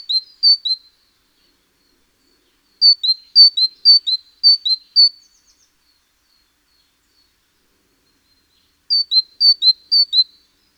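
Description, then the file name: Great tit singing clear two-note phrases, a higher note dropping to a lower one, repeated in short bursts with pauses between. "Parus major"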